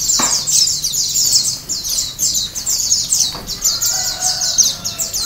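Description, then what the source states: White-eye chorus of shrill, fast twitters that run unbroken, with a few lower whistled phrases toward the end. Ombyokan style, many white-eyes singing together.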